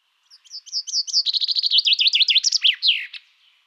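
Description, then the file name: Common chaffinch song, a bright accelerating cascade of high chirps dropping in pitch through repeated phrases before ending in a brisk terminal flourish. "Fringilla coelebs"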